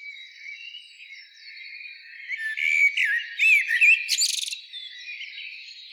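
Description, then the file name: Common blackbird song, a burst of short whistled and chirping notes midway, with quieter sound before and after. "Turdus merula"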